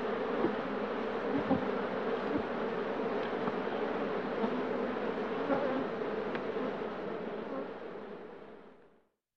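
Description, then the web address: Bee buzzing, a steady dense drone of wingbeats holding without a break, then fading out at the end. "пчела"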